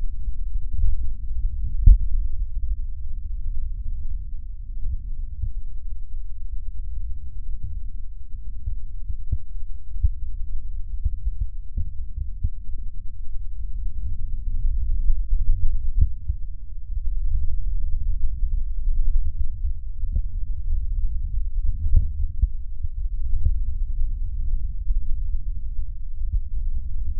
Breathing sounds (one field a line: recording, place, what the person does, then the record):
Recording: lung sounds by stethoscope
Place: right posterior apical chest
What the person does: quiet breathing, then deep breathing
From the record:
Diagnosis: none (healthy)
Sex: male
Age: 60 years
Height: 190 cm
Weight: 150 kg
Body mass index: 41.6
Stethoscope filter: bell mode